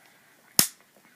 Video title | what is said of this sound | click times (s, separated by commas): HOW-TO - Black Paper & Scoring without a SCORING TOOL | See, and it just snaps right in there, and then it just snaps right out again. | 0.6 s